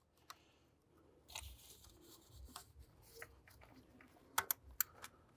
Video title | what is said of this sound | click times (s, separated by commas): Mercedes-Benz C250 Valve Cover Gasket Replacement DIY (2012-2015 Mercedes W204 C250, R172 SLK250) | beautiful. Yeah, a couple satisfying clicks, that's fully engaged. | 4.4 s, 4.8 s